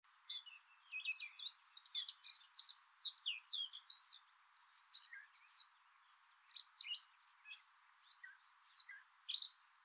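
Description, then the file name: Eurasian blackcap singing a soft, scratchy, high warble of quick varied twittering notes in uneven phrases, with brief pauses between bursts. "Sylvia atricapilla"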